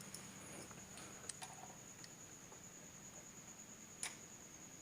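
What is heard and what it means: A metal bobbin case is handled at the rotary hook housing of a sewing machine, where it must click into place to lock. Small ticks and taps near 0.2, 1.3 and 4.0 s sound over a steady hum with a thin high tone. The case has not seated or clicked yet, so it is not locked.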